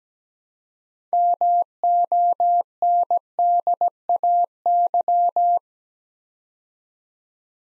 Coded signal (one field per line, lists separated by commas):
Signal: Morse code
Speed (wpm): 17 wpm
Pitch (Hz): 700 Hz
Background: none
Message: MONDAY